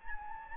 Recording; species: mosquito wingbeat signal from an infrared sensor; Anopheles gambiae